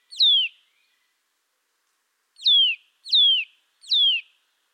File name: Sitta europaea